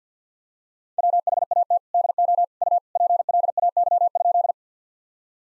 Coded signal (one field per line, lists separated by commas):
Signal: Morse code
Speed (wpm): 50 wpm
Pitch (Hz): 700 Hz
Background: none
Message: WHAT DO U PLAY?